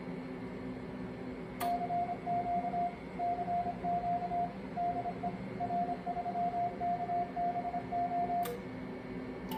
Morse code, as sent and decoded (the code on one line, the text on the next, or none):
-.-. --.- / -.-. --.- / -.. . / .-. ...-- -.- -... ---
CQ CQ DE R3KBO